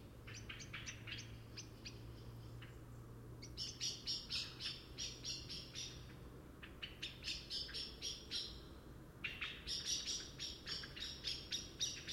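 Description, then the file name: Common blackbird giving sharp, clicking chink calls in fast runs, several each second, pausing briefly between bursts, over a low steady hum. "Turdus merula"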